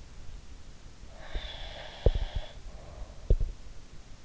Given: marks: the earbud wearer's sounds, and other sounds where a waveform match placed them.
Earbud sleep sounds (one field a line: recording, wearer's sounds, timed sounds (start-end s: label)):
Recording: sounds in sleep by an in-ear microphone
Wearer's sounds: breath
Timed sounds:
1.06-3.27 s: breath
1.30-3.51 s: sound from someone else or the room